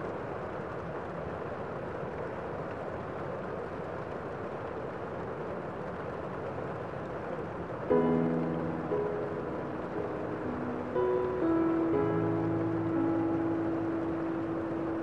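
Rain falls steadily among trees, a dense, even hiss through the whole clip. Near the eight-second mark a sustained tonal drone, like an engine or vehicle, joins in and shifts pitch a few times, settling into a steady hum from about twelve seconds.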